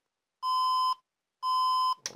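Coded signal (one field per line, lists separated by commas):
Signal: beep code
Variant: HP Compaq dc7800 PC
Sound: two steady half-second mid-pitched beeps a second apart, then a clunk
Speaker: it doesn't work. It beeps four times and flashes four times.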